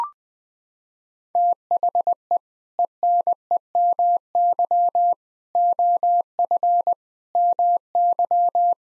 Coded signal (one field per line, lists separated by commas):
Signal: Morse code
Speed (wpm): 20 wpm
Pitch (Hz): 700 Hz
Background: none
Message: THE ENEMY OF MY